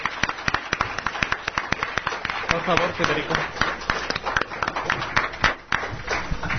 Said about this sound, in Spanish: Él ha sido el ganador, flamante ganador de este concurso. Dilo con música. Un aplauso fuerte.